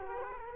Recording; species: mosquito wingbeat signal from an infrared sensor; Culex quinquefasciatus